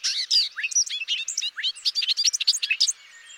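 Bobolink song, a hurried, gurgling string of metallic chirps and tinkles that swoop up and down, ending abruptly.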